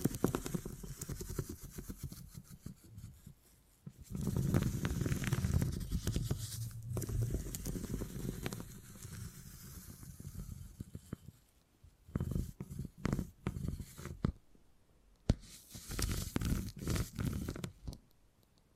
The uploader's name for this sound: Brain Tingly Sounds Using Beeswax